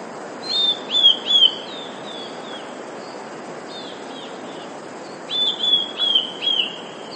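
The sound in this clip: Eurasian blue tit giving high, piping three- to four-note phrases that fall slightly, separated by a few seconds of soft, faint high notes.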